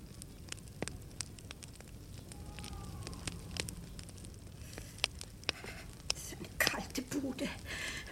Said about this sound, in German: Das Feuer knistert.